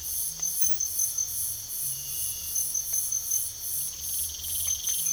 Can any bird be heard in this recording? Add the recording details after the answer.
no. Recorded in pastures near Puerto Asís, Putumayo, Colombia, on 9 March 2025 at 04:30. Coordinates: 0.497, -76.327. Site G072